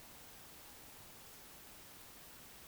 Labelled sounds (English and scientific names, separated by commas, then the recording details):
Eurasian Woodcock (Scolopax rusticola) whistle
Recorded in Baden-Württemberg, Germany, on 2 June 2021 at 19:55 UTC
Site 25832, 648 m above sea level